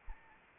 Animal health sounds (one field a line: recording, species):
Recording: mosquito wingbeat signal from an infrared sensor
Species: Anopheles arabiensis